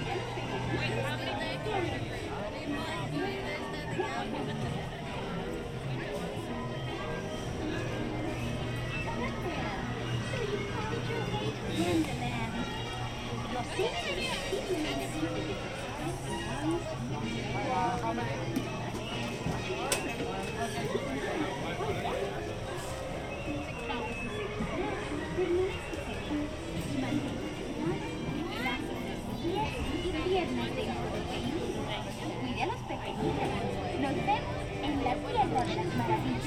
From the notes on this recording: the sounds/ambience found on both the Mad Tea Party and Alice in Wonderland attractions